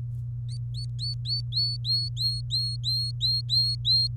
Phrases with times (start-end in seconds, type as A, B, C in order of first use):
0.49-4.07 A